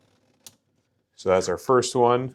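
On a collapsible pet oxygen cage frame, a sliding lock piece with a red push button is slid over the bottom joint and clicks into place at 0.4 s, a short, sharp snap. Afterward someone talks, and the joint is confirmed locked as the first one done.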